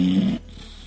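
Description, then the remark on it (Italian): A single loud, rough snore from a sleeping woman, with a low, buzzing drone that cuts off abruptly after a moment, leaving only a faint hum behind. “Ah, e senti come russa.”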